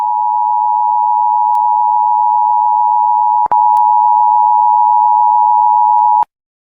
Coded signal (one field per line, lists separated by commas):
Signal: Emergency Alert System (SAME) tones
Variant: 853 and 960 Hz attention tone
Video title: Lobotomy, Gorilla, Gen Alpha Zombie, Flushy, and Enderman react to EAS alarms in Melon Playground